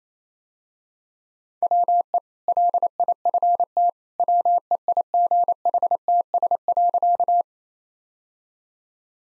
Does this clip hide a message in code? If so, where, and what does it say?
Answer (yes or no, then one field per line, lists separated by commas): yes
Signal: Morse code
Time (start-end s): 1.6-7.4 s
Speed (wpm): 28 wpm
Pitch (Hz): 700 Hz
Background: none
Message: WE LIFT WEIGHTS.